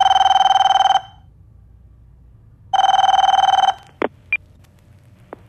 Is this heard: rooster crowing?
no